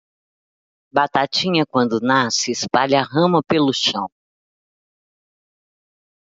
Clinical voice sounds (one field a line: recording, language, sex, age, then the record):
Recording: short text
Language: Brazilian Portuguese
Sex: female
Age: 60 to 69 years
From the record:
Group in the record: control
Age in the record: 64 years